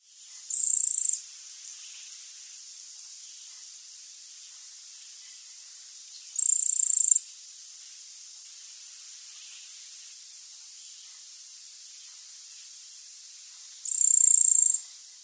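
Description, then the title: Ochre-collared piculet giving three very high, thin trills, spaced several seconds apart, with faint hiss between them. "LuckyPassaro Completos2Sama. Ochre-collared Piculet (Picumnus temminckii)"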